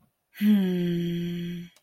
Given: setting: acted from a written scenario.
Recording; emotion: vocal sound without words; romantic love